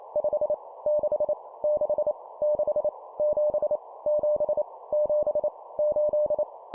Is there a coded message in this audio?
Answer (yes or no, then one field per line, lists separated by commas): yes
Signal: Morse code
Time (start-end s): 0.2-6.4 s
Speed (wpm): 28 wpm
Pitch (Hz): 600 Hz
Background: none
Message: 5 6 6 6 7 7 7 8